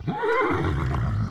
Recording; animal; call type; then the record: contact call of a hoofed animal; horse; whinny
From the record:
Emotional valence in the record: negative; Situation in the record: separation from one group member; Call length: 1.31 s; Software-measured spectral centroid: 1210 Hz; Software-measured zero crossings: 990 a second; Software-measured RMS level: -24 dBFS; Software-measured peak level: -11 dBFS